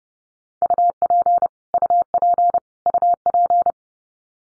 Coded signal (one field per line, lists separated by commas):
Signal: Morse code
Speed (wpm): 30 wpm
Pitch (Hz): 700 Hz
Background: none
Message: UP UP UP